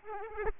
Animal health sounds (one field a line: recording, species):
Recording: mosquito wingbeat signal from an infrared sensor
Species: Aedes aegypti